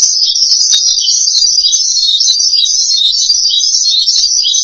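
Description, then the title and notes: Starling song, an uninterrupted shrill chattering trill, evenly loud from start to finish. "suara burung jalak"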